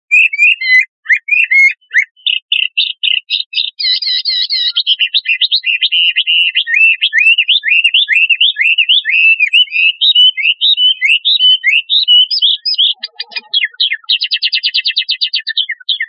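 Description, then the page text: Chinese hwamei singing a long, loud, rich run of varied whistled notes, slurred and rising. The song breaks into rapid rattling trills near the end. Male bird. "公画眉鸟叫声. 九酷音乐网"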